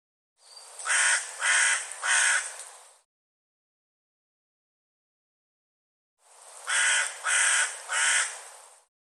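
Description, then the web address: Bird giving harsh, raspy cawing calls in a quick set of three, a silent gap of about three seconds, then another set of three caws. "cianscape birddata Deverinetal 2025"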